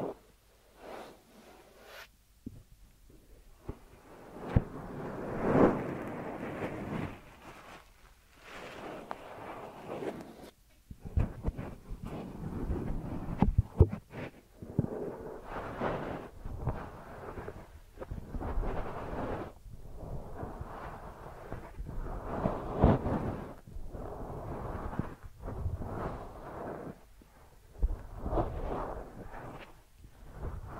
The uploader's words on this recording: ASMR Deep Ear Massage for Sleep(No Talking).